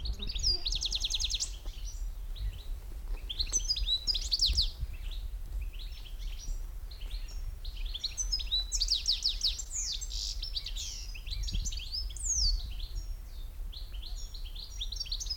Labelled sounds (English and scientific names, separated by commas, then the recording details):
European Goldfinch (Carduelis carduelis)
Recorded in the wild
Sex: male
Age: adult
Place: Kremmen, Brandenburg, DE
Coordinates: 52.76, 13.03
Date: 1995-06-03 16:59
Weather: heiter, 18-20°C
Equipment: Marantz CP 430, Sennheiser ME 80, Kopie Uher 4000 Report Monitor
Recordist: Tembrock, Günter